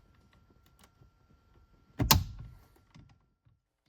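After its connector is plugged in, a BMW driver airbag module is pushed into the steering wheel hub until its spring clips catch. Faint light ticks come first, then one sharp, loud snap at 2.1 s with a short ringing tail, and a softer knock near 3.0 s. The airbag module is seated in the steering wheel.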